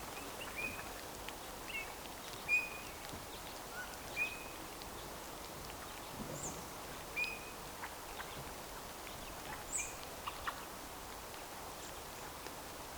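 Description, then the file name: Eurasian bullfinch calls: soft, short piping whistles repeated irregularly every second or two over steady background hiss, with faint other small sounds. "Pyrrhula pyrrhula"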